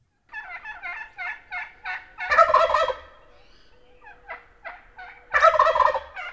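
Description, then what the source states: Wild turkey calls: a run of short yelping notes, then a loud rattling gobble; a few more yelps follow, then a second gobble. Recording from Lang Elliott's Stokes Field Guide to Bird Songs.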